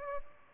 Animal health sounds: mosquito wingbeat signal from an infrared sensor; Aedes albopictus

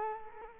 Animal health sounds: mosquito wingbeat signal from an infrared sensor; Culex quinquefasciatus

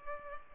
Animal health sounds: mosquito wingbeat signal from an infrared sensor; Culex pipiens

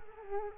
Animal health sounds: mosquito wingbeat signal from an infrared sensor; Culex quinquefasciatus

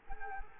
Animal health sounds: mosquito wingbeat signal from an infrared sensor; Culex quinquefasciatus

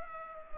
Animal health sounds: mosquito wingbeat signal from an infrared sensor; Culex pipiens

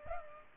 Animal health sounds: mosquito wingbeat signal from an infrared sensor; Culex pipiens

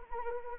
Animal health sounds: mosquito wingbeat signal from an infrared sensor; Anopheles arabiensis

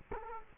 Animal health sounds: mosquito wingbeat signal from an infrared sensor; Culex quinquefasciatus

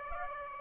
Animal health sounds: mosquito wingbeat signal from an infrared sensor; Aedes aegypti

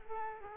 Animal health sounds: mosquito wingbeat signal from an infrared sensor; Culex quinquefasciatus

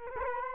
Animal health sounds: mosquito wingbeat signal from an infrared sensor; Culex quinquefasciatus

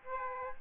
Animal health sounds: mosquito wingbeat signal from an infrared sensor; Aedes aegypti

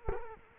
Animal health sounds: mosquito wingbeat signal from an infrared sensor; Culex quinquefasciatus

